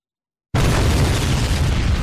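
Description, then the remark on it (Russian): Half a second of silence, then a sudden, deafening explosion of charges set against a metal wall and fired with an electric detonator bursts out and keeps roaring, a dense blast of noise with heavy low rumble that barely fades before the end. “Оглушительный взрыв сотряс стену и выбросил язык красного пламени.”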